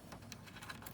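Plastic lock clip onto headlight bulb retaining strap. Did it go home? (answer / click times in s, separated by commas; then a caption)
yes / 0.3 s. A small blue plastic lock clip is pushed onto the lock strap on an LED headlight bulb retainer during an LED headlight conversion on a 1992–1998 Chevy Tahoe, GMC Yukon, or OBS Silverado/Sierra 1500, 2500, or 3500. Several faint, small clicks sound over a low background, and the sharpest snap comes at 0.3 s. The clip snaps into place and is seated.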